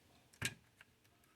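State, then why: Seated. A PLA printed leg part from a QQT Studio Superion Upgrade kit Liberation set, an add-on for the Age of the Primes Aerialbots, is slid in and flexed down onto the figure's back/leg. A faint tick at 0.3 s leads into a sharp, loud click at 0.5 s, followed by a softer tick at 0.8 s. The part clicks into place and is seated.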